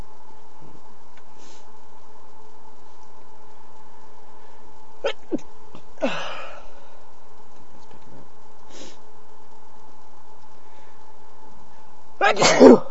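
An adult male sneezes; the sneeze is attributed to a cold.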